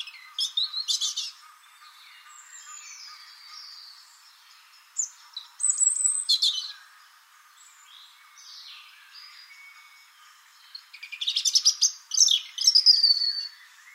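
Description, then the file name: European robin singing high, thin, varied phrases separated by pauses of several seconds, mixing sweet whistles with rapid jangling trills; a faint steady hum runs underneath. "Erithacus rubecula"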